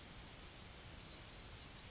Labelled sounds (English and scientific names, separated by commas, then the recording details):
Yellowhammer (Emberiza citrinella) song
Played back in grassland
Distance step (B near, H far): E
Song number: 045